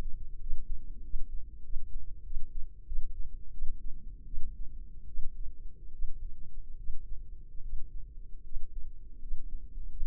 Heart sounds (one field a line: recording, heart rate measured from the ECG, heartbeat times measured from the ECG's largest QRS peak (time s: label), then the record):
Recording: heart sounds by microphone in the left ear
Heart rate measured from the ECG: 82 bpm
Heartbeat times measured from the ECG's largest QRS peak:
0.41 s: heartbeat
1.04 s: heartbeat
1.65 s: heartbeat
2.25 s: heartbeat
2.87 s: heartbeat
3.53 s: heartbeat
4.27 s: heartbeat
5.08 s: heartbeat
5.93 s: heartbeat
6.78 s: heartbeat
7.63 s: heartbeat
8.45 s: heartbeat
9.22 s: heartbeat
9.91 s: heartbeat
From the record:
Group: healthy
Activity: rest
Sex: female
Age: 32 years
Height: 168 cm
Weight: 61.9 kg